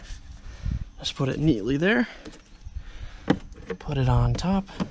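A plastic engine beauty cover on a BMW 540i is handled and lined up on top of the engine, ready to be pushed down onto its mounting clips, while someone talks. A few short handling knocks are heard around 3.3 to 3.7 seconds. Nothing has seated or clicked yet when the clip ends.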